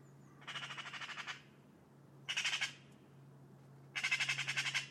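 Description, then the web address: Bird calling in three short, harsh buzzy bursts of rapid pulses, with a low steady hum in the background. "cianscape birddata Deverinetal 2025"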